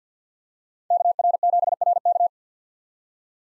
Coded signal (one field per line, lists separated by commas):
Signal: Morse code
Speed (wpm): 50 wpm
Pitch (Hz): 700 Hz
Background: none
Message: KR7RK